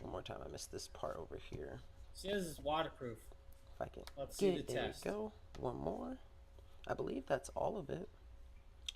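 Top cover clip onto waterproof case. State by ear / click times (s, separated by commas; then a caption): seated / 8.9 s. Someone talks while pressing the clips of a waterproof case's top cover down all the way around. At 8.9 s the last clip snaps into place with a sharp click, sealing the cover onto the case.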